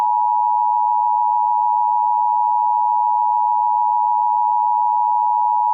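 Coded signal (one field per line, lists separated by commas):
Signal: Emergency Alert System (SAME) tones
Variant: 853 and 960 Hz attention tone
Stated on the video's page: Fictional EAS scenario about SCP-096, not a real alert.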